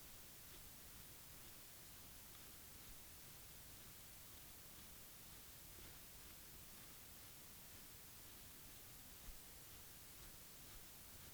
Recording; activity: daily activity, guitar pickup as the sensor; brush teeth